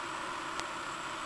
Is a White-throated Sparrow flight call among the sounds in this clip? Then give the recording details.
no. No flight call is heard. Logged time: 07:24 on 18 September 2014